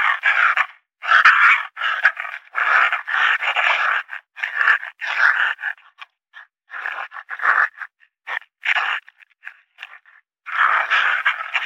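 Raccoon chittering: rough, noisy bursts repeated irregularly, dense at first, then sparser and shorter, before a final run of chatter.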